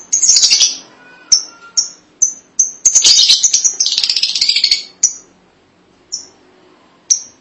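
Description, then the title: Lovebird chatter: a burst of shrill rapid high notes, a few sharp chirps, a longer burst of chattering, then scattered single chirps with pauses between them. "BM Suara Burung Lovebird"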